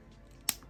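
A plastic hood panel is pulled out and connected into the body of a Transformers Studio Series The Last Knight Barricade toy robot during its transformation. Against a quiet background, one sharp, bright plastic snap sounds at 0.5 s, followed by a much fainter tick at 0.6 s. The panel seats into place.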